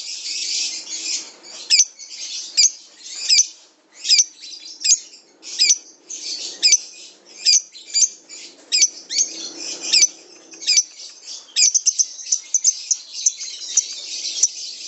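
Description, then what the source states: Lovebird song, repeated sharp high chirps and squeaks in bursts of about one per second, over a steady shrill twittering. Lovebird ngekek song, a long trill used as a lure song (kicau pancingan).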